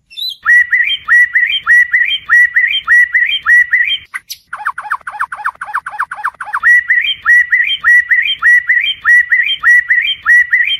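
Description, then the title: White-rumped shama singing a steady series of repeated whistled phrases, broken midway by a quick run of descending slurred notes before the pattern resumes. Song in labaik style, used for training other birds. "MURAI BATU LABAIK"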